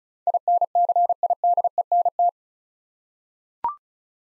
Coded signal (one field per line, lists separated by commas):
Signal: Morse code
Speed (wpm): 36 wpm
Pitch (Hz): 700 Hz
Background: none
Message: INCIDENT